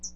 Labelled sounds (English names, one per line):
Hooded Warbler flight call